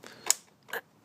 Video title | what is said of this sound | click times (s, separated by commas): DIY BMW E65 E66 Replacing Your CCV Crank Case Vent Valves On N62 BMW Engine | you go you heard the snaps there and again don't | 0.3 s, 0.7 s